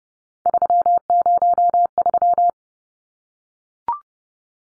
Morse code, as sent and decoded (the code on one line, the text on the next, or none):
...-- ----- ...--
303